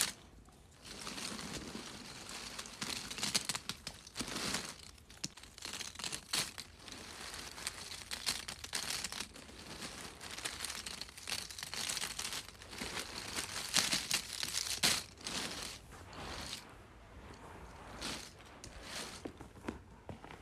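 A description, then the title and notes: Puzzle pieces are handled and shuffled, a dense run of crinkly, clicky rustling that goes on without pause for the whole stretch. Sharper snaps and louder scrapes stand out around four, thirteen and fifteen seconds. ASMR Pieces of a Puzzle.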